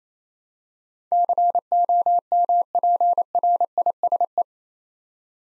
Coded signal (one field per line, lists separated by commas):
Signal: Morse code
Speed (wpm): 29 wpm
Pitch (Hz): 700 Hz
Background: none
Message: COMPRISE